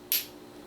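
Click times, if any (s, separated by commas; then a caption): 0.1 s. A standard water tip for a Waterpik WP-310 travel water flosser is pressed firmly into the nozzle holder. It snaps in at 0.1 seconds with a sharp, bright click that quickly fades into a quiet background. The tip is seated and ready to use.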